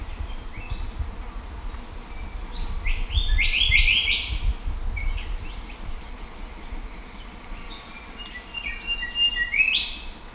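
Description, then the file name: Australian golden whistler giving a few whistled phrases over a steady low rumble of background noise. "Pachycephala Pectoralis"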